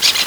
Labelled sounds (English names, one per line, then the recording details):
Brown-throated Parakeet contact call
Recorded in Venezuela
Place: Guárico; Corozopando; Fundo La Fe
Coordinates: 8.506, -67.593